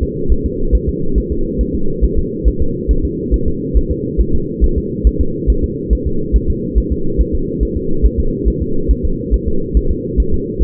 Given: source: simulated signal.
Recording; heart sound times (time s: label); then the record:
fetal heart sounds
0.03 s: S2
0.32 s: S1
0.46 s: S2
0.75 s: S1
0.89 s: S2
1.18 s: S1
1.32 s: S2
1.61 s: S1
1.75 s: S2
2.04 s: S1
2.19 s: S2
2.48 s: S1
2.62 s: S2
2.91 s: S1
3.05 s: S2
3.34 s: S1
3.48 s: S2
3.77 s: S1
3.91 s: S2
4.21 s: S1
4.35 s: S2
4.64 s: S1
4.78 s: S2
5.07 s: S1
5.21 s: S2
5.50 s: S1
5.64 s: S2
5.93 s: S1
6.07 s: S2
6.36 s: S1
6.50 s: S2
6.78 s: S1
6.92 s: S2
7.21 s: S1
7.35 s: S2
7.63 s: S1
7.77 s: S2
8.06 s: S1
8.20 s: S2
8.48 s: S1
8.62 s: S2
8.91 s: S1
9.05 s: S2
9.34 s: S1
9.48 s: S2
9.77 s: S1
9.91 s: S2
10.20 s: S1
10.34 s: S2
10.63 s: S1
From the record:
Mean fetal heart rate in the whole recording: 140 bpm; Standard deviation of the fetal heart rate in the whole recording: 2 bpm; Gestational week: 34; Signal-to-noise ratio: -8.1 dB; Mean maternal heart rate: 72 bpm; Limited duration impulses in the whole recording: absent